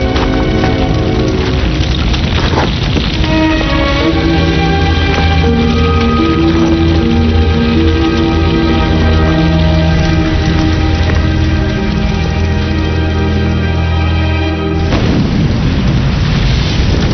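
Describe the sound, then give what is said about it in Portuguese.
A loud, roaring explosion effect opens with a rumbling burst, gives way to a sustained droning, tonal hum, then swells into another rushing blast at the end, with no voices. “Perto da estação, a 3 quilômetros da explosão,”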